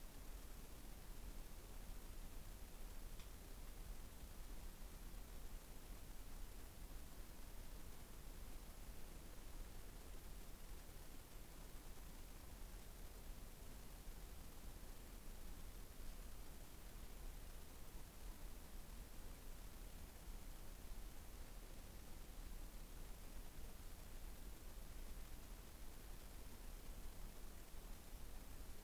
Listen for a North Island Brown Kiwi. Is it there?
no